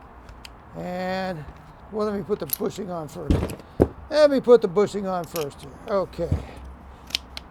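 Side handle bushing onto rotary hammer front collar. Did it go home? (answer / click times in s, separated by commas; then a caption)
yes / 7.2 s. Someone talks while pushing a plastic side-handle bushing down onto the front collar of a DeWalt Xtreme 12V Max 9/16" SDS Plus rotary hammer. A sharp, loud click is heard at 7.2 s as the bushing seats in place.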